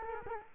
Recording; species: mosquito wingbeat signal from an infrared sensor; Culex quinquefasciatus